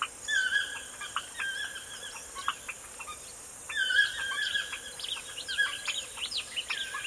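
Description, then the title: Birdsong from several birds: bursts of quick whistled and chirping phrases with short rising and falling notes, overlapping and repeated, over a steady high hiss. Morning birdsong in a forest. "Звуки птиц в лесу. Morning birdsong in the forest"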